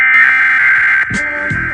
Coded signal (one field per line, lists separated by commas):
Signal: Emergency Alert System (SAME) tones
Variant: header bursts